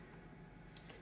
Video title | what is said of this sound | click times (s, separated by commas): Talkie Walkie Yaesu FT2DE VHF UHF Presentation GoTechnique | se clipse à l'arrière de l'appareil comme ceci | 0.8 s